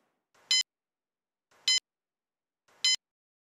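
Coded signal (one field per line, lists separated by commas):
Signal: alarm pattern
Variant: Smart Caregiver fall monitor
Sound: three short bright electronic chirps, evenly spaced about a second apart, with soft hiss before each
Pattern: 3 short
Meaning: The signal between the pad and the monitor is interrupted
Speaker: if the signal between the pad and the monitor is interrupted the check pad light will illuminate and the monitor will chirp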